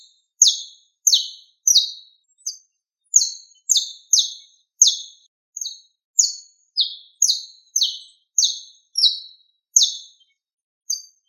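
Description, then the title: Bird song of short, high chirps that sweep downward, repeated steadily about every half second to second, with brief pauses and an otherwise silent background. "LuckyPassaros CompletosSama"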